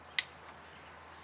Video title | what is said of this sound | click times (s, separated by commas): Toyota Corolla Steering Wheel Removal | so you just make sure you push until you hear it click | 0.2 s